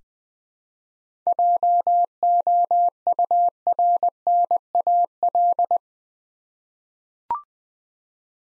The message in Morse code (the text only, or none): JOURNAL